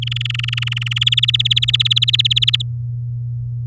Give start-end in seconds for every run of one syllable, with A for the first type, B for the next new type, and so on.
0.02-1.04 A, 1.06-2.62 B